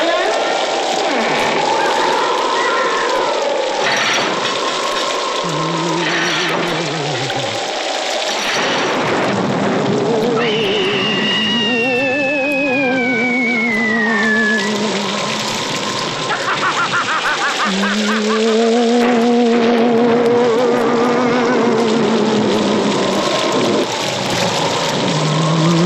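Eerie haunted-house sounds play over a constant loud rush, like wind or rain. Wavering moans and wails slide up and down throughout: low groans around five to eight seconds, a high keening wail near eleven to fifteen, then warbling tones later.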